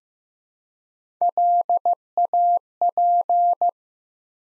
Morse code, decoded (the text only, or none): LAP